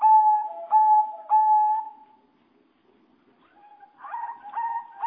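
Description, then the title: Java sparrow producing a few drawn-out whistled notes with small pitch steps, a brief quiet gap, then quicker ringing notes. "kicau gelatik"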